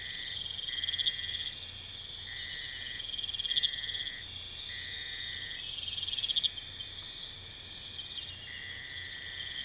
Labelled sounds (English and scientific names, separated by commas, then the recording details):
none
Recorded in pastures near Puerto Asís, Putumayo, Colombia, on 22 December 2024 at 01:00
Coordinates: 0.472, -76.329
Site G072